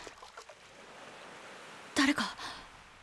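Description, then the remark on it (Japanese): A boat being rowed ashore to an island by several people together: a steady watery wash with a few soft splashes early on, then a short, louder burst of splashing with a thin squeak partway through. “さあ船をみんなで漕いで上陸するわよ。”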